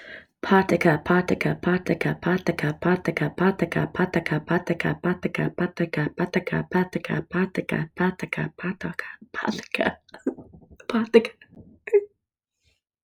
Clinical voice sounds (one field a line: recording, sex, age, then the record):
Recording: repeated syllables /pa ta ka/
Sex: female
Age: 20 to 29 years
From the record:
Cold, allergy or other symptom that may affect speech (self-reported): no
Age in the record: 25 years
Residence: Indiana, United States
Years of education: 17